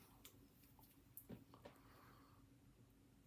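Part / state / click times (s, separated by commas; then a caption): replacement head onto an action figure neck peg / not seated / none. A plastic replacement head is pressed onto the neck peg of an Ultimate Edition Razor Ramon action figure, making a few faint, soft plastic taps near 0.3, 1.2, 1.5 and 1.7 s over a low steady hum. The head does not snap on and sits loose, and nothing has seated or clicked yet.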